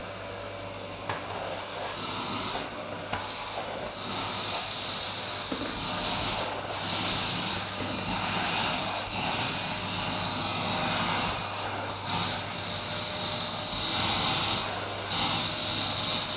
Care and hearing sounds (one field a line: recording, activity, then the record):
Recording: daily activity, microphone in the room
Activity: vacuum cleaning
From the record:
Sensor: 2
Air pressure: 991.7 hPa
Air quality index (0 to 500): 203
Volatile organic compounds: 1000 ppm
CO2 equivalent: 6707 ppm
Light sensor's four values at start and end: 25/79/31/28 and 16/53/21/20